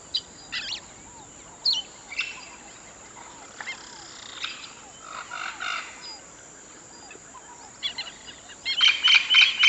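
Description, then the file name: Bird song of high, quick chirps and short notes scattered through, building to a bright, fast repeated trill at the end, with softer lower calls underneath. "Natural Sample Makers - Relaxing Birdsong"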